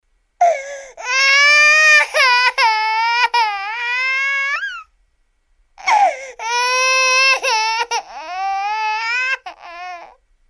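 An infant cries in two long, loud wailing bursts separated by a brief silent breath. Each burst holds a steady high pitch around 500 Hz with rich overtones, gliding and breaking at the ends. A typical vigorous infant cry.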